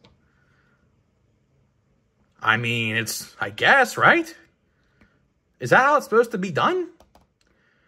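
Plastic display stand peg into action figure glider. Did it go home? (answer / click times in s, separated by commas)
no / none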